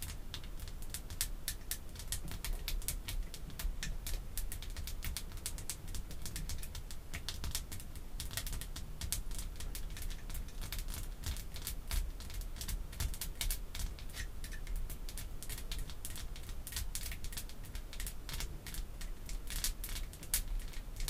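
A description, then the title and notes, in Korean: Artificial fingernails tap rapidly on perfume bottles and caps, a dense, unbroken stream of bright, crisp clicks for the full length. The tapping stays fast and busy with no pauses, clattering like typing, over a steady low rumble underneath. 인조손톱 태핑. 향수, 뚜껑 등.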